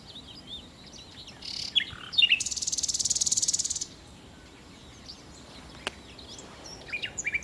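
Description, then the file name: Common nightingale song with scattered sharp notes, then a dry buzzing rattle lasting over a second, followed by sparse chirps and a few short phrases. "Nachtigall"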